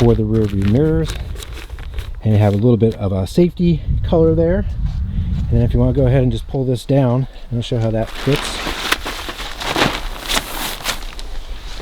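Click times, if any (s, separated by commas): none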